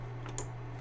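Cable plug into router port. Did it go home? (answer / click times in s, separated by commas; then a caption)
yes / 0.4 s. A console/network cable plug is pushed into a port on a router, and its plastic latch clicks home with a sharp, bright click at 0.4 s, after a softer tick at 0.3 s. A steady low hum runs underneath throughout. The plug is seated.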